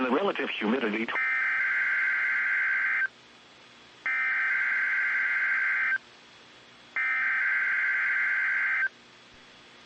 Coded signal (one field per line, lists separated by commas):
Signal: Emergency Alert System (SAME) tones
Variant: header bursts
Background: speech